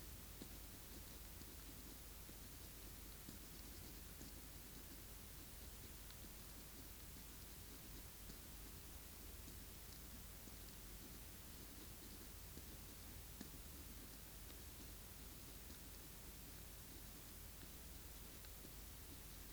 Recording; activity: daily activity, guitar pickup as the sensor; write